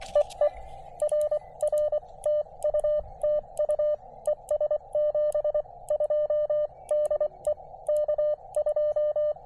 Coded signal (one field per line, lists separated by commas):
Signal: Morse code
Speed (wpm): 23 wpm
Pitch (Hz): 590 Hz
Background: radio noise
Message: EE RR TU TU ES 72 DE K2